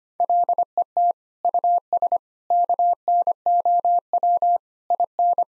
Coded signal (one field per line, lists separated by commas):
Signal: Morse code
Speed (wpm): 25 wpm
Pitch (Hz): 700 Hz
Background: none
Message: LET US KNOW IN